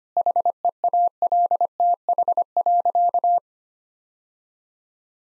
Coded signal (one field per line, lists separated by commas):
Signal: Morse code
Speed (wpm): 25 wpm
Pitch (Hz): 700 Hz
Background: none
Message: HEALTH.